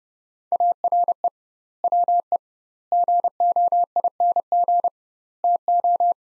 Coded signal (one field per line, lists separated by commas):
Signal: Morse code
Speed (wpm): 30 wpm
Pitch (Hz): 700 Hz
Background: none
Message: ARE WE GOING TO